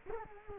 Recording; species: mosquito wingbeat signal from an infrared sensor; Culex quinquefasciatus